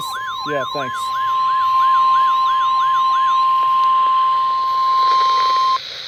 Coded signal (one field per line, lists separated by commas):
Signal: Emergency Alert System (SAME) tones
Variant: 1050 Hz attention tone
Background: speech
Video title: Severe Thunderstorm Warning on WWH33 (7/29/20) (EAS 3304)